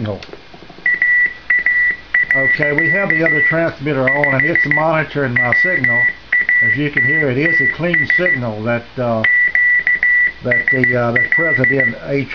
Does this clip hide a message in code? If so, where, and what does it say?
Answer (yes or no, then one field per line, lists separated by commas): yes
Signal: Morse code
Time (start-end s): 0.9-11.9 s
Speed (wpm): 14 wpm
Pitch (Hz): 1950 Hz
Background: speech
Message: AA. 5 WATTS QSL